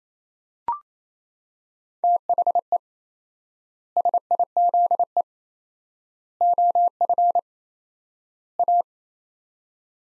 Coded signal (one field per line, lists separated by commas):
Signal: Morse code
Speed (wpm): 27 wpm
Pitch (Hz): 700 Hz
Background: none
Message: THE SIZE OF A